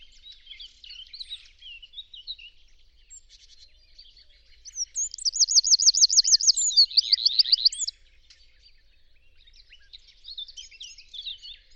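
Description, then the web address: Bird calls: soft high twittering, then a loud run of rapid looped whistles lasting about three seconds, then scattered chirps again. "cianscape birddata Deverinetal 2025"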